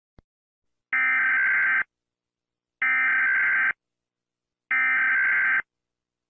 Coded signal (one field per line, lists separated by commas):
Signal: Emergency Alert System (SAME) tones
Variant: header bursts